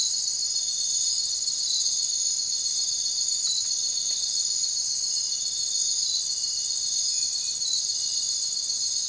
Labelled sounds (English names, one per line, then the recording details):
none
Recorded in secondary vegetation near Puerto Asís, Putumayo, Colombia, on 29 June 2025 at 02:30
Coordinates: 0.499, -76.323
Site G077